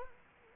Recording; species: mosquito wingbeat signal from an infrared sensor; Culex quinquefasciatus